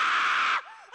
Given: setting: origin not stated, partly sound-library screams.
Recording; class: one-second piece from a danger detection set; woman in danger